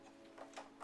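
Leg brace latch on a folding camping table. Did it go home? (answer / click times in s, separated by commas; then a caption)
no / none. The hinged leg brace latch on an aluminium portable camping table is lifted and pushed toward its locked position, making a few short mechanical taps over steady background music. Nothing has seated or clicked yet; the brace is handled but not yet home.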